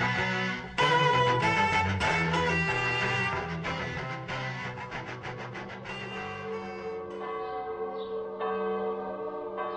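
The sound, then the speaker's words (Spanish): Heavy bronze church bells peal loudly, their strikes overlapping into a dense, clanging wash of ringing tones that hum and slowly decay between fresh strokes. No voices are heard. “Escuchad las sonoras campanas, broncíneas campanas.”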